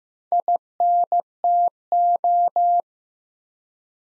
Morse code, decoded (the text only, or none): INTO